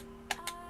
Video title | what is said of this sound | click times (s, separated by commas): Deals with David | you probably hear that click | 0.3 s